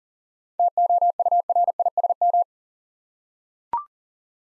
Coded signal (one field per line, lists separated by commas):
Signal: Morse code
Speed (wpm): 39 wpm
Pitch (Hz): 700 Hz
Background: none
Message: TOURISM